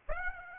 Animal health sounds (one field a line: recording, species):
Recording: mosquito wingbeat signal from an infrared sensor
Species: Aedes aegypti